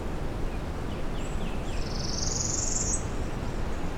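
Northern parula singing a rising buzzy trill, preceded by a few soft high notes, over constant low background noise.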